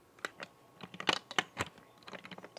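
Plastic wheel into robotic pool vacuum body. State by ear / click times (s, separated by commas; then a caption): not seated / none. A plastic wheel is pushed by hand toward position C on the body of an AIPER Smart cordless automatic robotic pool vacuum after being removed. Sharp plastic handling and pushing clicks land around 0.3, 0.4, 1.0, 1.1, 1.4 and 1.6 seconds, with fainter taps continuing afterward. The wheel does not snap back into place, and nothing has seated or clicked into position.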